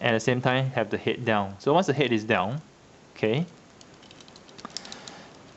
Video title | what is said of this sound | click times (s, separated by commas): Bandai Gundam Fix Figuration Metal Composite #1011 RX-0 Gundam Unicorn 02 Banshee Review | it sort of semi-locks in place. | 4.8 s